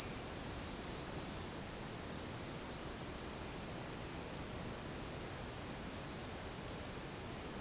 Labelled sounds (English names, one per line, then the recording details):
Silvered Antbird
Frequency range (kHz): Silvered Antbird 4.0-6.4 kHz
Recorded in secondary vegetation near Puerto Asís, Putumayo, Colombia, on 19 February 2024 at 09:00
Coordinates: 0.472, -76.331
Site G6371